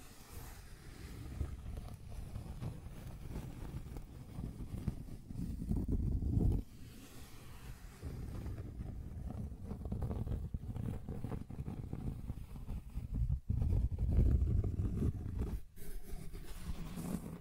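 Rough scratching and tracing with a low, rumbling scrape that swells near six and fourteen seconds, broken by brief sudden pauses.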